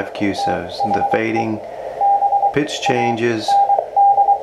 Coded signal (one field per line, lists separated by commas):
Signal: Morse code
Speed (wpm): 23 wpm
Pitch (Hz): 800 Hz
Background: speech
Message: THE BAND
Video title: Ways to practice your CW copy